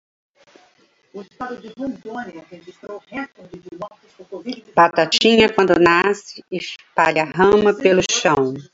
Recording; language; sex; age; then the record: short text; Brazilian Portuguese; female; 60 to 69 years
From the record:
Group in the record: control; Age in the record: 64 years